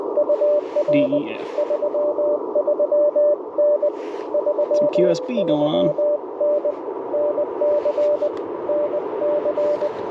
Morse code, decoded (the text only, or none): UR 33N 33N NC NC